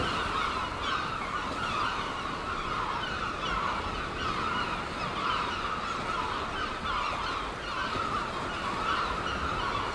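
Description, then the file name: Gull chorus with many birds calling together over the whole stretch. Gulls at Seaton, dated 17 03. "OKM Seagulls Seaton 17 03"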